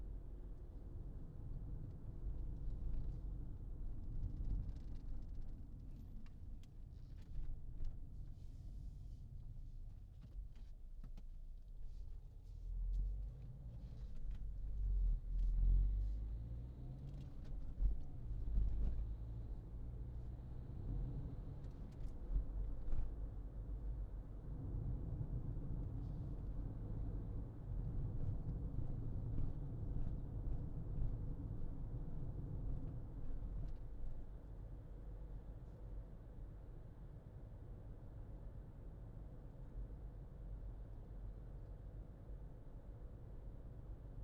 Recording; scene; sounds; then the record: everyday scene through a hearing-aid microphone; in a vehicle; engine, traffic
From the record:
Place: Berlingo II, diesel engine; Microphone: in the ear canal, left